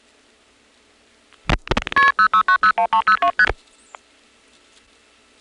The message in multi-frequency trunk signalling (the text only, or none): KP06901302ST